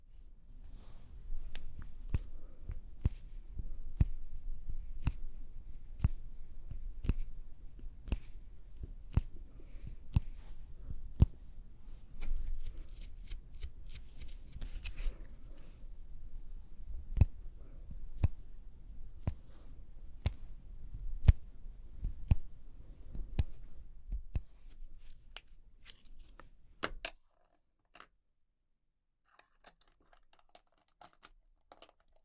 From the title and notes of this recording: Doing Your Makeup ASMR No Talking.